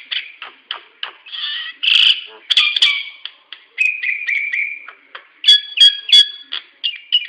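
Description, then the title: Nias hill myna calls: loud mixed whistles, harsh squawks and short chattering notes in rapid irregular bursts, some notes strongly harmonic. "Burung jalak nias"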